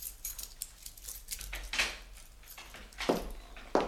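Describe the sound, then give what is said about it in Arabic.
Keys jingle and scrape in a lock, followed by a few sharp metallic clicks and knocks as the door is unlocked and pushed open, with no voices. “سأفتح بالمفتاح لعلها أغفت ترتاح.”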